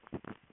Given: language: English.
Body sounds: throat vibration sensor signal played as sound; swallow

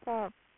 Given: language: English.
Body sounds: throat vibration sensor signal played as sound; speech

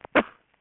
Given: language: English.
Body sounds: throat vibration sensor signal played as sound; cough

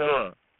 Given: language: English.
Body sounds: throat vibration sensor signal played as sound; speech

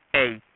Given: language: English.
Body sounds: throat vibration sensor signal played as sound; speech

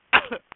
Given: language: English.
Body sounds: throat vibration sensor signal played as sound; cough

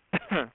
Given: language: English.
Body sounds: throat vibration sensor signal played as sound; cough

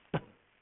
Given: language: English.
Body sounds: throat vibration sensor signal played as sound; cough

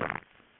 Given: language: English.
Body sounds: throat vibration sensor signal played as sound; swallow

